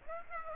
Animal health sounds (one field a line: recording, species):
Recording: mosquito wingbeat signal from an infrared sensor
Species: Aedes aegypti